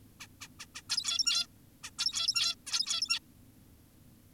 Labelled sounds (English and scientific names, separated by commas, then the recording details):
Zebra Finch (Taeniopygia guttata)
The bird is an adult
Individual g17y2U